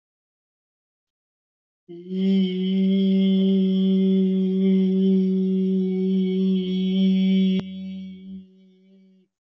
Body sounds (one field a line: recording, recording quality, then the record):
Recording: sustained vowel as in beet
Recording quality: excellent, no background noise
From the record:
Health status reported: healthy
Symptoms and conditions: hypertension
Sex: male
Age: 54 years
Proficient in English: yes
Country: India